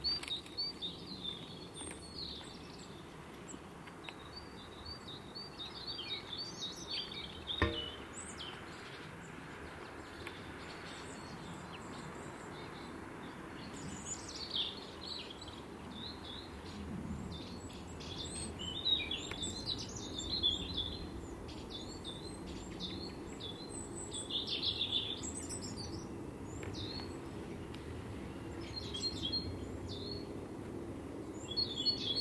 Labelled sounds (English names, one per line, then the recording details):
European Robin song
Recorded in the wild
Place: Kaiserslautern, Rheinland-Pfalz, DE
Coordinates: 49.4403, 7.749
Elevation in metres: 261
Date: 1977-03-09
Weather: warm, sunny
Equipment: Nagra IV, Sennheiser MKH 435, Parabolreflektor
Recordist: Tretzel, Erwin